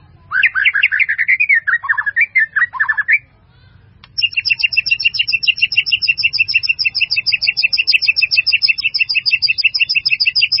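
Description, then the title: White-rumped Shama song with warbled varied phrases, a short pause, then a long fast even trill of repeated high chipping notes. "murai batu"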